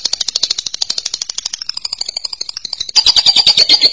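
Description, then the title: Lovebird chatter, a rapid run of shrill buzzy chips, shifting into a louder dense twittering near the end. "BM Suara Burung Lovebird"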